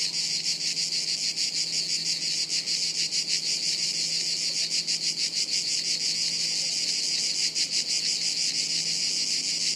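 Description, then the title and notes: Cicada chorus giving a steady shrill buzz with quick rhythmic pulsing, unbroken from start to end. Chorus of cicadas high up in the trees overhead, woods near Sirolo, Italy, on a hot afternoon, August 23. "A chorus of cicadas on a hot afternoon high up in the trees above us in the woods near Sirolo, Italy, August 23. Recorded by Cities and Memory."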